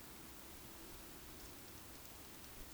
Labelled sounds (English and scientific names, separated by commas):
Eurasian Woodcock (Scolopax rusticola) whistle